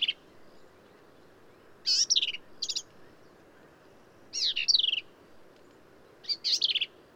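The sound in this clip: Black-capped vireo song: emphatic bursts of high, scratchy slurred notes, delivered in separate phrases roughly every two seconds.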